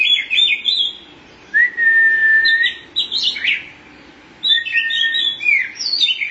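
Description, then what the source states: Oriental magpie-robin song: warbled phrases, a long flat whistle, then rising squeaky notes, repeated in bursts with quiet gaps between. Chirping song (kicauan) of the bird.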